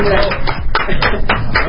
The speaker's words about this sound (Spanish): Aplausos.